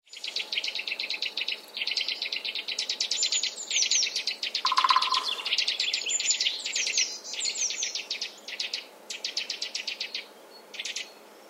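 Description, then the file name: Eurasian nuthatch giving rapid, high trilled series of sharp repeated notes in bursts of one to two seconds, with brief high squeaky notes and a short lower buzzy note mid-way. "Sitta europaea"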